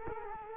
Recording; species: mosquito wingbeat signal from an infrared sensor; Culex quinquefasciatus